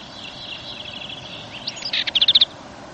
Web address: dartford warbler